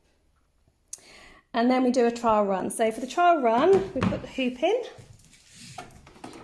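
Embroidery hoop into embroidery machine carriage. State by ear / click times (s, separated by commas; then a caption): seated / 6.2 s. For a trial run, an embroidery hoop is pushed onto the carriage arm of a Brother Skitch PP1 embroidery machine while someone talks. Several soft handling knocks follow the speech, and the hoop clicks into place at 6.2 s, seated.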